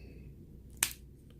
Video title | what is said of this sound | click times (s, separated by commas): Enterprise level wireless headsets unboxing an initial impressions | snaps in place like that and then | 0.8 s